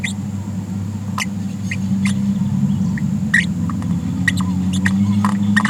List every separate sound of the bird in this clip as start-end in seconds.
0.03-0.13, 1.20-1.25, 1.71-1.75, 3.33-3.45, 4.27-4.32, 4.37-4.40, 4.73-4.78, 4.85-4.90, 5.56-5.59